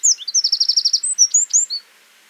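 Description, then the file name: Eurasian wren song: a rapid run of very high, sharp notes running into a fast, even trill, ending in a few thin whistled notes. "Troglodytes troglodytes"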